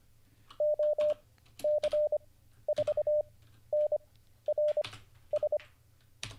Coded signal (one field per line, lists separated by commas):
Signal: Morse code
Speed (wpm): 25 wpm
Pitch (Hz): 600 Hz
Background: none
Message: OC4NRS